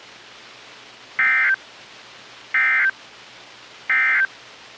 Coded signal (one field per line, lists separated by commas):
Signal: Emergency Alert System (SAME) tones